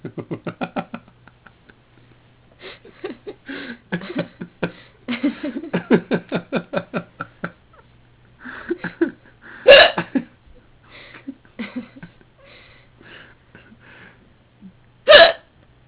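Repeated hiccups from an adult.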